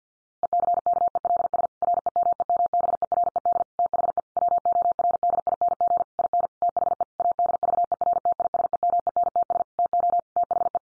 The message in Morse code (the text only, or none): ECKELS REMEMBERED THE WORDING IN THE ADVERTISEMENTS TO THE